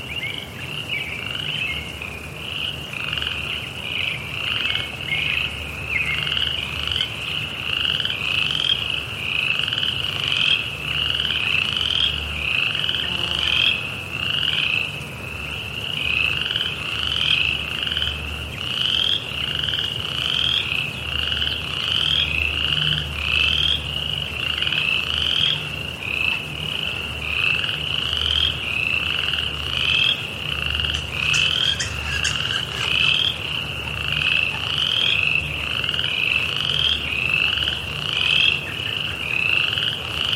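A dense, steady chorus of frogs rings from evening forest ponds, bright rapid calls overlapping constantly over a low background rumble.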